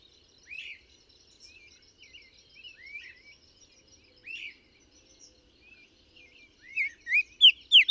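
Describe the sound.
Bird song: scattered soft chirps, then a loud run of sharp slurred notes at the end.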